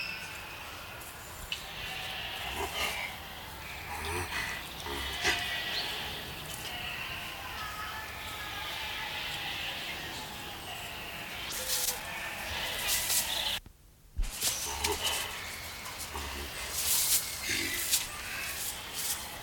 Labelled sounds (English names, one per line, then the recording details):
Mandrill call
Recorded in captivity
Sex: diverse
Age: adult
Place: Zoo Augsburg, Bayern, DE
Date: 1993-09-04 16:04
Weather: 14 °C, bedeckt
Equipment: Marantz CP 430, Sennheiser MKH 416 T, Kopie Uher Variocord 263
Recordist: Tembrock, Günter
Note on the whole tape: Lautsequenz von Weibchen und altem Männchen